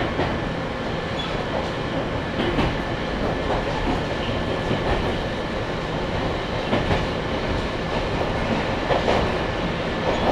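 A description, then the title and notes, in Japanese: Riding aboard a local train between stations, with a steady, dense rumble of wheels and car body throughout. Sharp clacks over rail joints come every second or so, slightly irregular, while a faint thin whine holds steady above the noise. 三岐鉄道三岐線 西藤原→北勢中央公園口。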